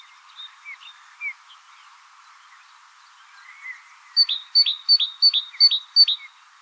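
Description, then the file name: Great tit: a few quiet slurred notes, then six loud see-saw phrases, each a high note falling to a lower one, evenly repeated. "Parus major"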